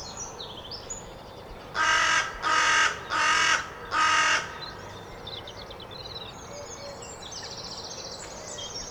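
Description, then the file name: Carrion crow calling four hoarse, evenly spaced caws, then quiet with other small birds twittering and chirping in the background. "Corvus corone"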